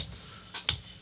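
The plastic carriage lock lever on the left side of a 1970s Kmart 300 Deluxe 12 portable typewriter is pushed down and toward the back. A soft rustle comes at about 0.5 s, then a short, sharp tick at 0.7 s. The lever clicks down and seats, so moving the platen toward the center locks the carriage positively.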